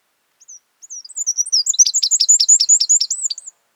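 Northern wren song: a few thin high notes building into a fast, loud series of sharp, repeated trilled notes, about three seconds long.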